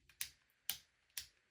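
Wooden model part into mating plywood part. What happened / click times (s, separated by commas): The wooden part clicked into place / 0.7 s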